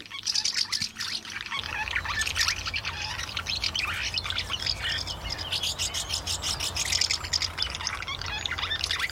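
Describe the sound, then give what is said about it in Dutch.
Busy, chattering twitter of house martins at nests under a roof gutter, a dense stream of short high chirps and trills running throughout, with a steady low rumble underneath and no voices. “In onze cursus Vogelzang, je hoort hem al, zijn we aangekomen bij de huiszwaluw.”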